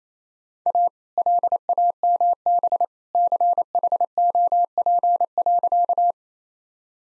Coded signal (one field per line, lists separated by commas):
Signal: Morse code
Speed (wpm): 28 wpm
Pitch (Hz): 700 Hz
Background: none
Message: A LAMB CHOP.